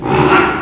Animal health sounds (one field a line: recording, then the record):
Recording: squeal of a Yucatan mini pig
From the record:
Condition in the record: after surgery on the right vocal fold (resection and tissue-engineered implant)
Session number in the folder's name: 4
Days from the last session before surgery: 42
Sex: male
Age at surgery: 12 weeks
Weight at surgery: 13 kg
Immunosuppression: cyclosporine, prednisolone